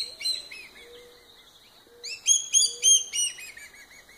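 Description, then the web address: Common black hawk: loud, rapid piping notes that slur downward, about three a second, with a soft low whistle underneath. Call, in southeast Arizona. "common black hawk in se az"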